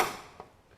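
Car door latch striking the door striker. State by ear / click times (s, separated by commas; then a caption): partly seated / 0.4 s. On a 1968 Chevy El Camino whose door latch has just been adjusted, the steel door is gently closed only to the first catch position, and the latch strikes the door striker. A decaying broadband wash fades out, then a single short tick at 0.4 s marks the latch catching on its first click. The door is held only at the first catch, not fully shut.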